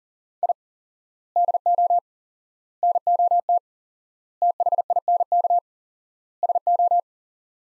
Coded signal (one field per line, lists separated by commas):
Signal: Morse code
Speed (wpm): 37 wpm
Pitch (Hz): 700 Hz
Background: none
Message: I DO NOT THINK SO